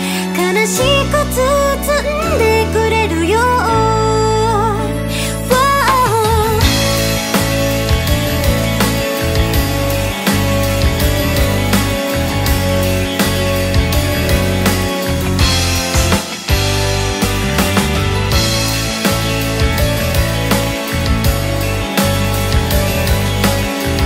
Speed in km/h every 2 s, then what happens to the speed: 45, 41, 35, 25, 13, 6, 0, 0, 0, 0, 0, 0.
0-11 brakes to 0. 11-24 standing.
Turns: none.